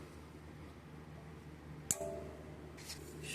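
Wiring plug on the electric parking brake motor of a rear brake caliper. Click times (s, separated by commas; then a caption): 1.9 s. A flathead screwdriver is put into the locking tab of the plastic wiring connector on the electric parking brake motor of a rear brake caliper on a 2019–2025 Audi Q3 and turned. It makes a sharp click at 1.9 s as the connector releases so the plug can be pulled off, over a low steady hum. Someone talks around it.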